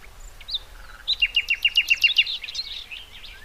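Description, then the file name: Common nightingale singing: a rapid run of sharp, repeated high notes, followed by softer twittering phrases. "Luscinia megarhynchos"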